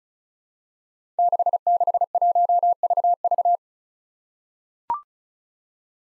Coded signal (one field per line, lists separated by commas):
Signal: Morse code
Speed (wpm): 36 wpm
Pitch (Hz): 700 Hz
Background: none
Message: 661VV